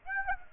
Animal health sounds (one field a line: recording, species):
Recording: mosquito wingbeat signal from an infrared sensor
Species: Aedes aegypti